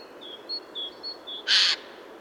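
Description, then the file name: Eurasian jay giving one loud, grating screech after several soft, high whistled notes from another bird. "Garrulus glandarius"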